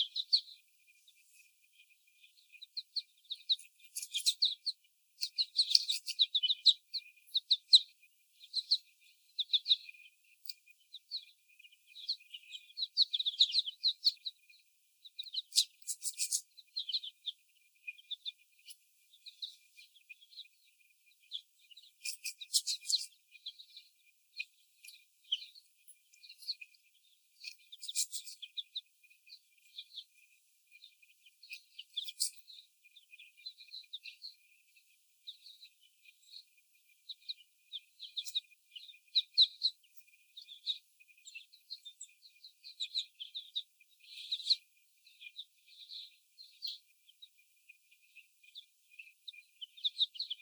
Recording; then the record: young laying hens in a cage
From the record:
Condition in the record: before the stressor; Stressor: sudden umbrella opening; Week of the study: 1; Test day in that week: 1